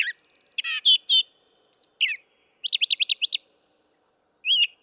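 Brown thrasher song: a quick ticking series, then a few rich chirps, a rapid run of repeated sharp notes and a final note.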